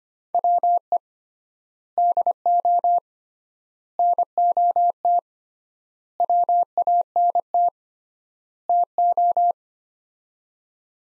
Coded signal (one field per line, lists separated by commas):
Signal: Morse code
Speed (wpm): 25 wpm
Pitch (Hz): 700 Hz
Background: none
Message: WE DO NOT WANT TO